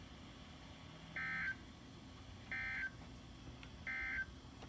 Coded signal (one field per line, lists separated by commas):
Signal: Emergency Alert System (SAME) tones